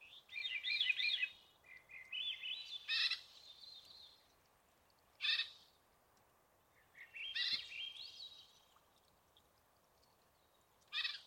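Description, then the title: Veery with swirling fluty phrases and thin whistles, broken by several sharp loud clicks or knocks over a steady background hiss. Sad-sounding song; Pacific Northwest. "Veery, Catharus Fuscescens"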